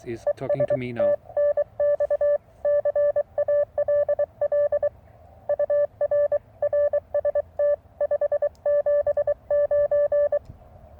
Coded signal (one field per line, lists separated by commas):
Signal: Morse code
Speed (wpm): 23 wpm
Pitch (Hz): 580 Hz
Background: speech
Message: ES TNX CALL UR RST 579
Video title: A Simple Short Vertical HF Antenna.